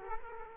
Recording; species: mosquito wingbeat signal from an infrared sensor; Culex quinquefasciatus